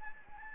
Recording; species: mosquito wingbeat signal from an infrared sensor; Anopheles gambiae